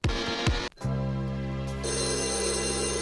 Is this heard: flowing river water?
no